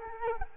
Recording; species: mosquito wingbeat signal from an infrared sensor; Culex quinquefasciatus